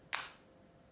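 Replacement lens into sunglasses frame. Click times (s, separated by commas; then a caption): 0.2 s. A replacement plastic lens, its top edge already in the groove, is pushed at the corner into an Oakley Valve (old version, 2005 and before) sunglasses frame. It snaps in with a single sharp, bright click at 0.1 s, followed by a brief fading tail and then quiet. The lens is seated in the frame.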